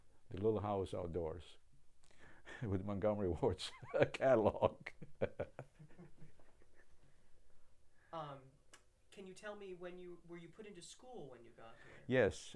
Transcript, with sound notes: the little house outdoors, with Montgomery Wards [laugh]
You tell me when you, were you put into school when you got here?
Yes.